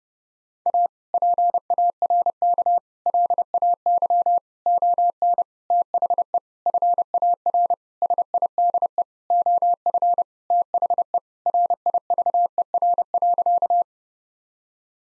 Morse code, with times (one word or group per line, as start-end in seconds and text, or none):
0.7-0.9 A
1.1-2.8 PARK
3.1-4.4 LAY
4.7-5.4 ON
5.7-6.4 THE
6.7-7.7 FAR
8.0-9.0 SIDE
9.3-10.2 OF
10.5-11.2 THE
11.5-13.8 RIVER.